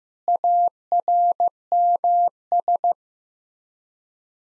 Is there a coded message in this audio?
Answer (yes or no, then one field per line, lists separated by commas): yes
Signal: Morse code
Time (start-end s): 0.3-2.9 s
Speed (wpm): 15 wpm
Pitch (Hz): 700 Hz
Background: none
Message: ARMS